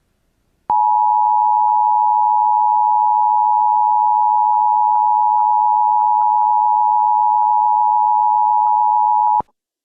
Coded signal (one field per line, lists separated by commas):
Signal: Emergency Alert System (SAME) tones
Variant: 853 and 960 Hz attention tone